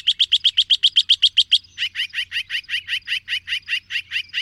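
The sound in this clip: Bird song: a fast series of identical sharp high notes, then a slightly lower, rougher trill of repeated notes, over a faint low hum.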